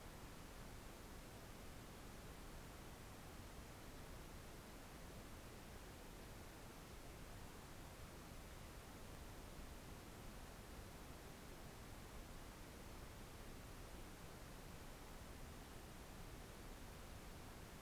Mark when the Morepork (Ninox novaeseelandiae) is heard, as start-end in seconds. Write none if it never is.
none